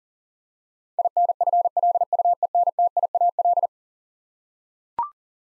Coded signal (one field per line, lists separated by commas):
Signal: Morse code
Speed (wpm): 40 wpm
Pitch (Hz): 700 Hz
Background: none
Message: INFLUENTIAL